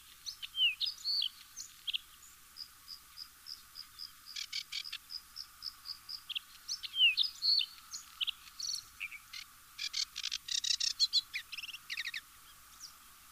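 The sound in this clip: Bluethroat song, a varied medley of twittering, whistles, repeated tinkling notes and harsh buzzy bursts.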